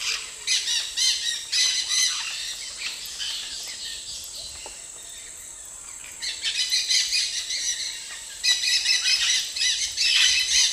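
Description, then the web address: Dusky-headed parakeets giving harsh, screechy flight calls in bursts. A quieter spell in the middle gives way to two more loud volleys, with a steady high insect whine throughout. Group of birds giving flight calls; Eastern Lowlands, South America. "Natures Songs S America Eastern Lowlands Aratinga weddellii, group flight calls"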